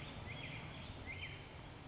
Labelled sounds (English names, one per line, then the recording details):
Black-headed Grosbeak
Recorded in Sonoma County, California